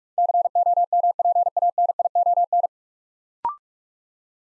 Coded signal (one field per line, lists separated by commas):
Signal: Morse code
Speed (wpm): 45 wpm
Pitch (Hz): 700 Hz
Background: none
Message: COMPANION